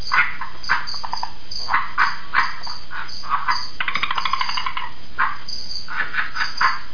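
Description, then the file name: Red-eyed tree frog giving brief chirping clucks, spaced out at first, then a rapid burst of clicks midway, with constant hiss underneath. "krasnoglazaya kvaksha agalychnis callidryas"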